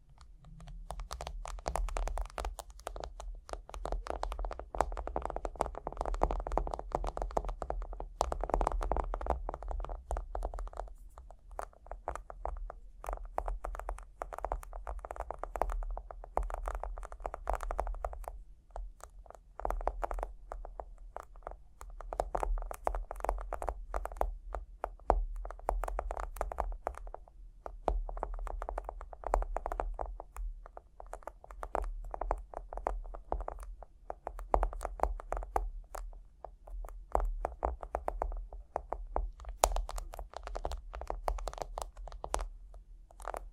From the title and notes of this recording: Tapping and Scratching (No Talking).